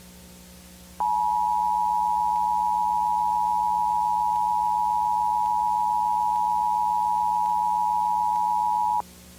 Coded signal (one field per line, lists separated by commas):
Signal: Emergency Alert System (SAME) tones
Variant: 853 and 960 Hz attention tone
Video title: EAS Scenario #4: World War III: Desperate Measures (Part 8)